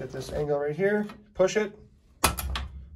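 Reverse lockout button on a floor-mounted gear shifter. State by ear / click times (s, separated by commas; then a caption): released / 2.2 s. Someone talks while angling and pushing the small red reverse lockout button on a floor-mounted B&M Pro Stick ratchet drag-racing shifter in a third-gen Camaro drag car. At 2.2 s the lockout pops, freeing the lever, followed by two quieter clicks.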